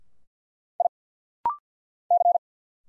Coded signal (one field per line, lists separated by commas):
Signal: Morse code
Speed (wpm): 51 wpm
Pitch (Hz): 700 Hz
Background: none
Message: I C